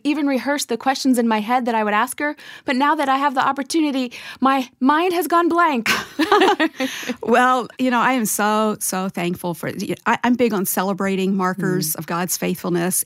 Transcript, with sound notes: I’ve even rehearsed the questions in my head that I would ask her, but now that I have the opportunity, my mind has gone blank!” (laughter)
I am so, so thankful! I’m big on celebrating markers of God’s faithfulness.